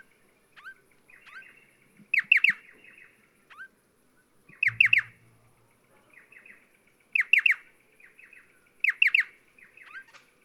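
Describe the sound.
Striated pardalote uttering bright three-note calls at irregular intervals, interspersed with softer twittering notes and a short low thump midway.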